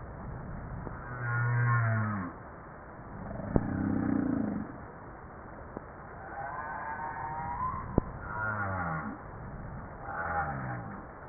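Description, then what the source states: Humpback whale song: low moaning units with harmonics, falling downsweeps, and higher pulsed tonal phrases alternating, with sharp clicks between units over steady underwater hiss. Recorded 2 March 1994, file time 12:37.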